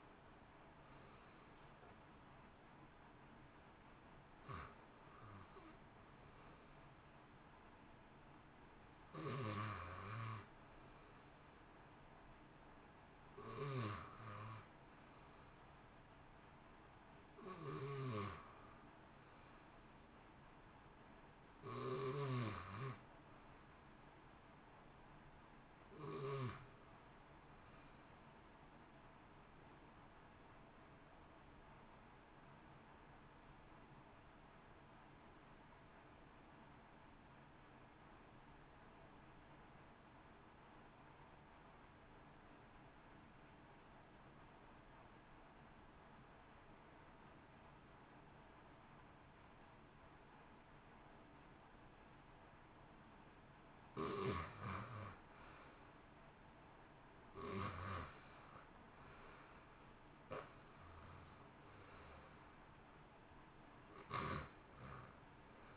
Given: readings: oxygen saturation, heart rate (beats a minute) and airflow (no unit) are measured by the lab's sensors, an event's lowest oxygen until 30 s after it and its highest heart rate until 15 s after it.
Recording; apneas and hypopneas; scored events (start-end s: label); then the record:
breathing in sleep by a voice recorder at the bedside; 1
34.00-54.30 s: obstructive apnea (REM, oxygen 93% highest, then 71% lowest, heart rate 58 at the start, 74 highest)
From the record:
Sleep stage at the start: REM sleep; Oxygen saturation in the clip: 59 to 93%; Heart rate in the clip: 56 to 74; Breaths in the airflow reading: 16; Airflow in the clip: -1.3 to 1.8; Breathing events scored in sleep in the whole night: 328 in 6.3 hours asleep